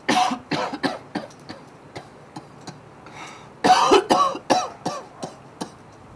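An adult coughing repeatedly in two fits of short, sharp coughs. The second fit starts louder and fades away.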